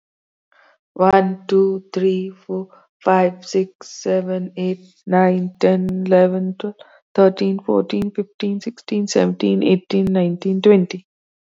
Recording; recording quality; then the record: counting at a normal pace; excellent, no background noise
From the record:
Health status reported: COVID-19 positive, mild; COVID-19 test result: positive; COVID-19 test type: RT-PCR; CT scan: not taken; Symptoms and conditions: cold, sore throat, muscle pain, hypertension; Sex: female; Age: 52 years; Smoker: no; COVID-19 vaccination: both doses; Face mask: not worn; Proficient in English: yes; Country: India